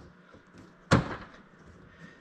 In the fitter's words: and i'm not sure if you heard that click or not but it kind of snaps and clicks into place